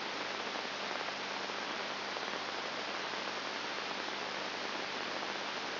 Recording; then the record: brain microelectrode recording played as sound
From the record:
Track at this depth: inside the subthalamic nucleus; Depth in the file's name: 0.707 mm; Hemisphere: left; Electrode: 2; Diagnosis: Parkinson's disease